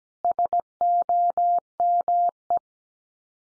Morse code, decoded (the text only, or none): SOME